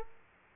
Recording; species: mosquito wingbeat signal from an infrared sensor; Culex quinquefasciatus